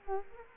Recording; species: mosquito wingbeat signal from an infrared sensor; Culex quinquefasciatus